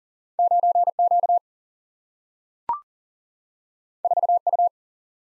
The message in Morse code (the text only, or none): 9Q 4U